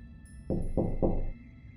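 Three dull, evenly spaced knocks on the door of a mother's home work room, each a solid low thud with a short ring-out, against a faint steady hum and no voices.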